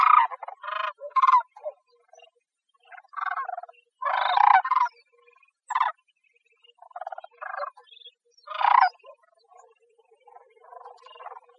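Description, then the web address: Bird calling with rough, grating notes delivered singly or in uneven clusters, with longer gaps between groups. Costa Rica. "birdvocals CR SACR 1 A 021106"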